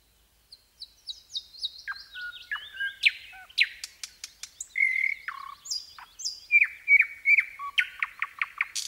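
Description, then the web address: Nightingale song: a continuous run of varied phrases, with thin descending whistles, sharp clicks and rapid repeated rattles in quick succession. Song of a wild-caught nightingale. "spiew slowika z polowu"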